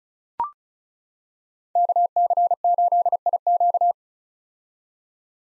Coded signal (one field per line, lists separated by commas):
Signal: Morse code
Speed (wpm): 34 wpm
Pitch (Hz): 700 Hz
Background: none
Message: KC8IQ